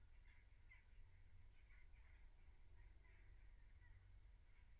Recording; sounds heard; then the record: poultry house recording; no chicken sound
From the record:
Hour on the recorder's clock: 15